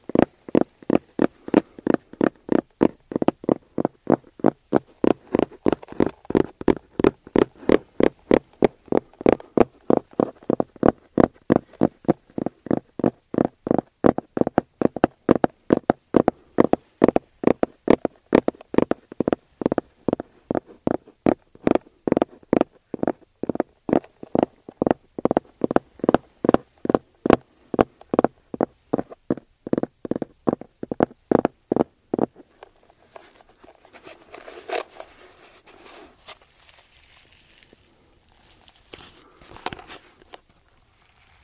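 Fingers tap steadily on an aroma oil case, a fast, even run of dull, hollow knocks, about three per second, for the first thirty-two seconds. After that the tapping stops, leaving quieter scattered rustles and a few soft clicks.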